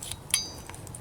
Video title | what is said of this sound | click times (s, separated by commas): Camillus Camp Pack | folding saw, locks into place. | 0.3 s